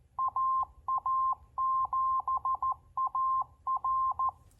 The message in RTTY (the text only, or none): none